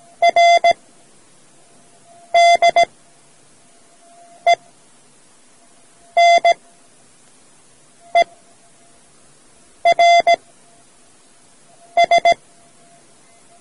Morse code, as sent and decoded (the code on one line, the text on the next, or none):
.-. / -.. / . / -. / . / .-. / ...
R D E N E R S